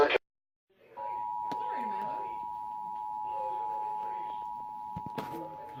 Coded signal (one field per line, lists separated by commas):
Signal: Emergency Alert System (SAME) tones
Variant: 853 and 960 Hz attention tone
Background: speech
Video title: November 5th 2017 Severe Weather Outbreak! 6 EAS Alerts + STORM FOOTAGE